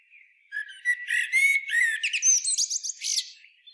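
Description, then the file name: Common blackbird giving one song phrase: several mellow, flute-like notes, then a rapid string of high, squeaky twitters. "Turdus merula"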